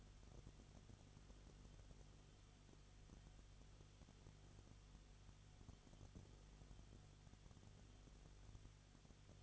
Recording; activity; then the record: daily activity, microphone in the room; no activity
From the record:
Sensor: 4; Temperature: 22.7 degrees Celsius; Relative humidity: 31.7%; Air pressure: 995.4 hPa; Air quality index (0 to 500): 158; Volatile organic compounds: 2 ppm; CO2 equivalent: 1256 ppm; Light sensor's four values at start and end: 2/3/1/1 and 2/3/1/1